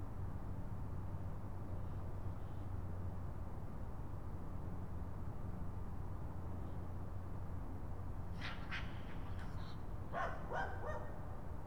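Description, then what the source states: Raccoon chatter: two quick clusters of rough, stuttering notes near the end, after a long stretch of only a low humming background. More than one raccoon.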